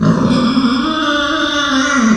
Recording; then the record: squeal of a Yucatan mini pig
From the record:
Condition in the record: after surgery on the right vocal fold (resection and tissue-engineered implant); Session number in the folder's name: 14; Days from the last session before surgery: 133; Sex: female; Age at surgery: 19 weeks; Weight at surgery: 25 kg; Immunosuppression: prednisolone